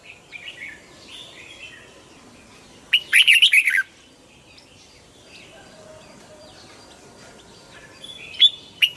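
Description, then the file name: Red-whiskered bulbul singing one loud burst of quick, warbled, bouncing notes, with soft scattered chirps before and after. Hue strain red-whiskered bulbul singing in the 'giọng kép' (double-voice) song style. "Tieng chao mao hue hot giong kep"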